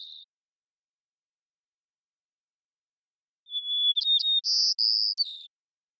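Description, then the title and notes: White-crowned sparrow song: a brief tail of one phrase, a pause, then a full phrase of steady whistle, quick chips and buzzy descending trills. Long performance of repeated song in the Pacific Northwest, Washington, United States; parabolic microphone. "White-crowned Sparrow, Zonotrichia leucophrys, long performance with repeated song, parabolic recording. Recorded in the beautiful Pacific Northwest, Washington, United States"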